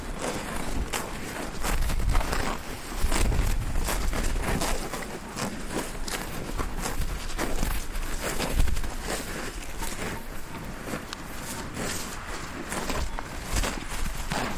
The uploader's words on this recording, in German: Fressende Kühe, Wiese in Kruchenhausen (Chiemgau). Kruchenhausen ist ein Ortsteil von Unterwössen (Chiemgau/Oberbayern).